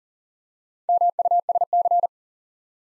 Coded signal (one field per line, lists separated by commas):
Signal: Morse code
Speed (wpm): 38 wpm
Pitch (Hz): 700 Hz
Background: none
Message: MUSC